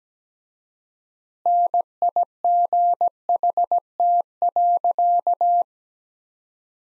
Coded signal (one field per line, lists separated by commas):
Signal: Morse code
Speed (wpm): 17 wpm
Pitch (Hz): 700 Hz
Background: none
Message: NIGHT.